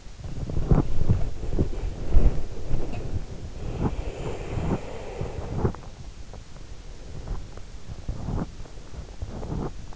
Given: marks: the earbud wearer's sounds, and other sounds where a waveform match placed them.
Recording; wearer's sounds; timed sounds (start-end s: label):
sounds in sleep by an in-ear microphone; body movement, breath
0.00-5.88 s: body movement
3.92-5.48 s: breath